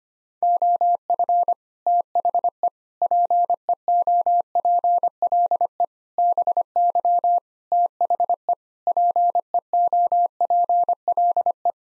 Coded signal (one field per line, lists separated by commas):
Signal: Morse code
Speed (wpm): 25 wpm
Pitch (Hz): 700 Hz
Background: none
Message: OF THE PEOPLE BY THE PEOPLE